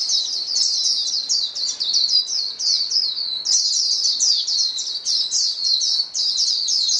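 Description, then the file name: White-eye chorus, a continuous high-pitched twittering with many overlapping quick notes that barely pause. Chorus of many birds singing together, described as a choir. "paduan suara pleci"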